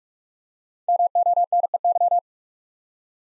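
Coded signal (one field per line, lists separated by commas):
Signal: Morse code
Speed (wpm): 48 wpm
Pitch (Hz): 700 Hz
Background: none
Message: MONEY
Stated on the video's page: Head-copy practice of 5-letter words at 45 wpm, first letters spoken, word sent in Morse, spoken, then sent again.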